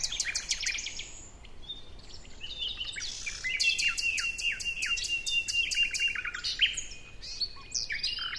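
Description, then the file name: Common nightingale pouring out song almost without pause, mixing rapid dry rattles, buzzy trills and short whistled notes in quick succession. "Luscinia megarhynchos"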